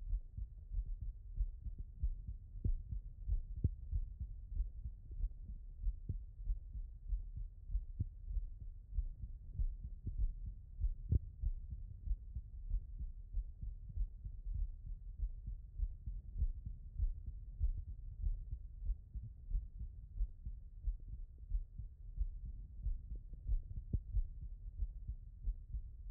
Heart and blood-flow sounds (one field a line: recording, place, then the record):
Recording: heart sounds by stethoscope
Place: tricuspid valve (TV)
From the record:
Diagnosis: non-HFrEF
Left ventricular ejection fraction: 58%